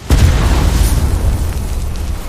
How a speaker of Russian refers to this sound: Два взрыва слились воедино, и на мгновение их гром перекрыл грохот зажеванной музыки. Осколки градом впивались в стальные стенки стойки, иногда рикошетами отлетая от них и превращая без того залитый кровью танцпол в какое-то подобие вампирской бани.